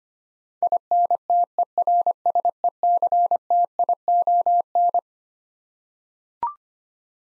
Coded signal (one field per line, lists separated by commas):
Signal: Morse code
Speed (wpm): 25 wpm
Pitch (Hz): 700 Hz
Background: none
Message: INTERSECTION